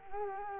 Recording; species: mosquito wingbeat signal from an infrared sensor; Culex quinquefasciatus